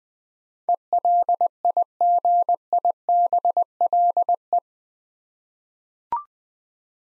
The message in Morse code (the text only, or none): ELIGIBLE